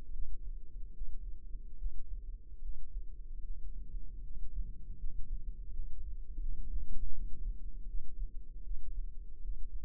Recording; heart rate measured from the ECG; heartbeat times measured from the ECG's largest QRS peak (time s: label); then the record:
heart sounds by microphone in the left ear; 78 bpm
0.11 s: heartbeat
0.92 s: heartbeat
1.76 s: heartbeat
2.60 s: heartbeat
3.41 s: heartbeat
4.21 s: heartbeat
4.97 s: heartbeat
5.69 s: heartbeat
6.39 s: heartbeat
7.11 s: heartbeat
7.85 s: heartbeat
8.61 s: heartbeat
9.40 s: heartbeat
From the record:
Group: healthy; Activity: rest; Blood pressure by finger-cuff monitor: 99/54 mmHg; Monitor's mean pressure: 69 mmHg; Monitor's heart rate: 77 bpm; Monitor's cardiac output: 7 L/min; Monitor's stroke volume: 90 mL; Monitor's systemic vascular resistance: 700 dyn s/cm5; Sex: female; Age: 26 years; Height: 165 cm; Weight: 55 kg